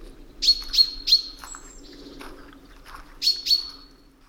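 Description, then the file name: Common chaffinch calls: sharp, metallic 'pink' notes, a quick run of three, then a pause and two more, with a faint low hum beneath. "Fringilla coelebs"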